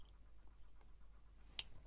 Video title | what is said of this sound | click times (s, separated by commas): Easy Mass Making Note Books for Etsy Sales | there you go click and it's in so | 1.6 s